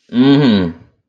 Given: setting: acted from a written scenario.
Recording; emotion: vocal sound without words; contempt